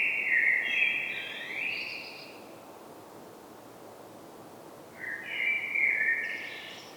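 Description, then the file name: Common blackbird singing two fluted, warbling phrases separated by a pause, each ending in higher, scratchier notes, over low background hiss. "Turdus merula"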